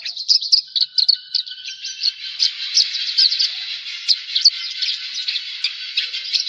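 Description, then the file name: Javan bush lark song: quick, jumbled high chirps and trills flowing without a break, busier at the start. "suara burung branjangan jawa"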